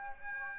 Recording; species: mosquito wingbeat signal from an infrared sensor; Aedes aegypti